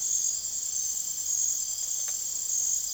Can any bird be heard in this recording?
no